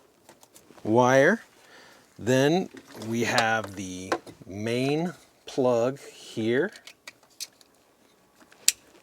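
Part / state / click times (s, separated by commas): main vehicle wiring plug into radio harness connector / seated / 8.7 s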